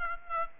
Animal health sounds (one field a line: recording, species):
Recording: mosquito wingbeat signal from an infrared sensor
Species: Aedes aegypti